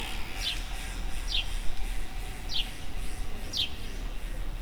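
Bird calls: short, sharp descending chirps repeated about once a second, four in all, over a steady low rumble of background noise.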